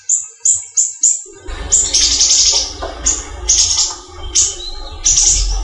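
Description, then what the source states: Leafbird song: four clear high whistles, then rougher buzzy phrases over a steady low rumbling noise. Local name Cucak Ijo, variety called daun kecil.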